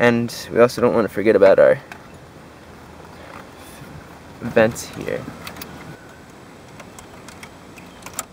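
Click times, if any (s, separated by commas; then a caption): none. A plastic dash trim bezel with vents is being aligned and pressed into the dashboard, with someone talking at the start and soft plastic handling noises after. Nothing has seated or clicked yet; the clips have not snapped in by the end of the clip.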